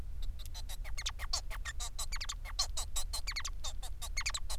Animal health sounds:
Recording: song of a male Bengalese finch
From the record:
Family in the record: son of father 4

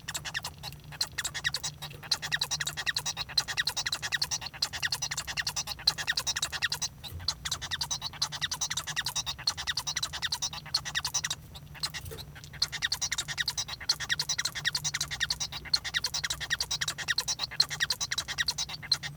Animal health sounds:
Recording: song of a male Bengalese finch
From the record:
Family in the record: son of father 1

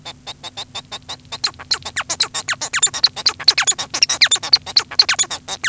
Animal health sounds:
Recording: song of a male Bengalese finch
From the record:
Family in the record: son of father 1

